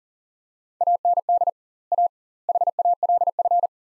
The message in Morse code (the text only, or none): AND A HALF